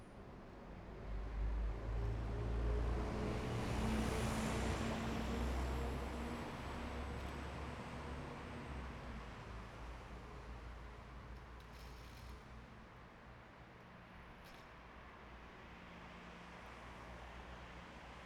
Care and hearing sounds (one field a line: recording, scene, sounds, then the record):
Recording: everyday scene through a hearing-aid microphone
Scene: in traffic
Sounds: traffic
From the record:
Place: bus stop on a city main road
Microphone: behind the ear, right, front